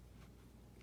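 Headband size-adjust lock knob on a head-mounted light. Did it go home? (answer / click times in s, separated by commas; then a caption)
no / none. The size-adjust lock knob on the headband of a veterinary headlight for equine dentistry is handled: pushed in and turned so that on release it locks back out and holds the band size. A low steady hum runs throughout, with faint soft rustling near 0.2 s and a brief sharp tick at 0.85 s. The knob has not yet seated or locked.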